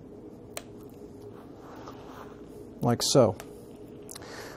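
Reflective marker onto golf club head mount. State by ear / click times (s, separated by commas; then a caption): seated / 0.6 s. A small plastic reflective motion-capture marker is pushed onto its mount on a golf club head and snaps on with a sharp click at 0.6 s, showing it is seated. A couple of faint ticks follow later, and someone talks around 2.9–3.3 s.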